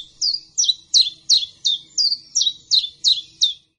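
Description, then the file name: Common chiffchaff singing ten even, high chirpy notes in a regular rhythm of nearly three per second, each note a quick downward slur. "pierwiosnek"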